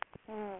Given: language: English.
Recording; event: throat vibration sensor signal played as sound; speech